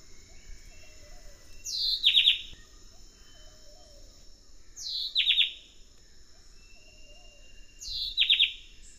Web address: S America Eastern Lowlands Henicorhina leucosticta, song